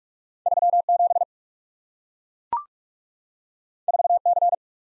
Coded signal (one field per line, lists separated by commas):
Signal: Morse code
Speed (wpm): 44 wpm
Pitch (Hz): 700 Hz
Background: none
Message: 37 4C